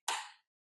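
A plastic bill guide is pushed onto the hopper of a MUNBYN IMC01 money counter and clicks into place at 0.1 s. The click is a single sharp, bright snap that fades within about a third of a second, and it means the guide is on tight.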